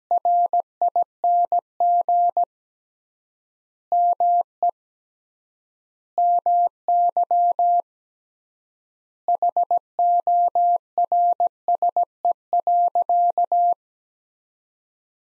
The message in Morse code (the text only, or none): RING ME MY HORSE.